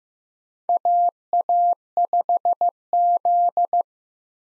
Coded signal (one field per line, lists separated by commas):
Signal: Morse code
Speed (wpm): 15 wpm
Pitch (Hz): 700 Hz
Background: none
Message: AA5Z